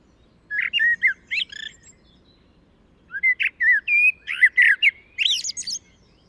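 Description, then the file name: Common blackbird singing two bursts of low, fluting notes with slurred whistles, the second longer and finishing in thin high twitters. "Turdus merula"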